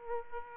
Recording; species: mosquito wingbeat signal from an infrared sensor; Aedes aegypti